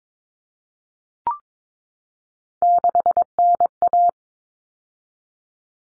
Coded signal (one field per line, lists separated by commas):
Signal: Morse code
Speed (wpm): 22 wpm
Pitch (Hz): 700 Hz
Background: none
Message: 6NA